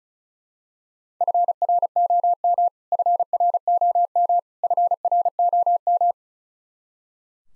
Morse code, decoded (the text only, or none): FROM FROM FROM